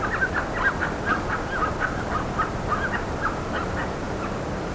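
Bird calls, short clipped notes repeated rapidly and unevenly, over a constant low rumble and hiss.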